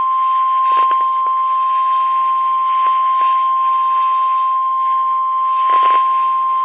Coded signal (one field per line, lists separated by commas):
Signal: Emergency Alert System (SAME) tones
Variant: 1050 Hz attention tone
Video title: Tornado Warning (4/17/26) [EAS #377]